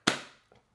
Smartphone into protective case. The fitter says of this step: very nice click onto this case it is on there very tightly very securely